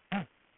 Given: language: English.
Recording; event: throat vibration sensor signal played as sound; throat clearing